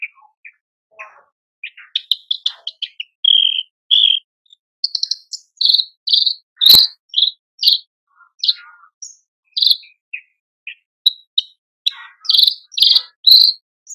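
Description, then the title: Horsfield's bush lark song: quick varied chirps, buzzy notes and short trills, delivered in irregular bursts about twice a second, with one sharp click midway. Masteran tutor recording for training cage birds, described as super gacor (singing continuously). "MASTERAN AMPUH KICAUAN BRANJANGAN SUPER GACOR"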